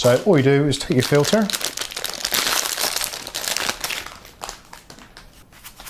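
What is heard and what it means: Someone talks briefly at the start as a filter cartridge for a Brita Marella water filter jug is taken out of its plastic wrapping and handled before fitting. Crinkling packaging fills the rest of the clip, with sharp crackles from about 2.2 to 3.7 seconds. The cartridge has not yet been pushed into the jug, and nothing has seated or clicked.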